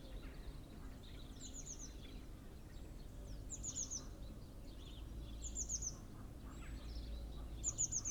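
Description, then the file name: Eurasian blue tit calling: a very high, thin descending series of notes repeated about every two seconds, four times, over a busy background. "Cyanistes caeruleus"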